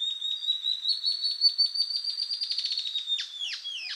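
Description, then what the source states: Ocellated Antbird song: fast repeated whistled notes rising slightly, then three harsh, buzzy, downslurred notes to finish. Subspecies mcleannani.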